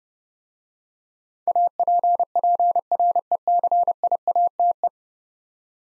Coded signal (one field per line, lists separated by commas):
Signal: Morse code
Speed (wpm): 30 wpm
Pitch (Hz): 700 Hz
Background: none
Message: APPRECIATE